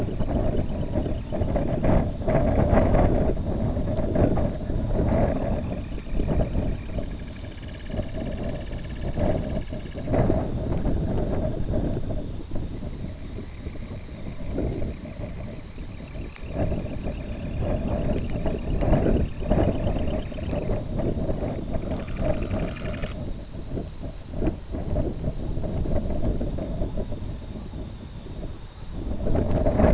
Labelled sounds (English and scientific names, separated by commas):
Semipalmated Sandpiper (Calidris pusilla), unidentified sound, Snow Bunting (Plectrophenax nivalis)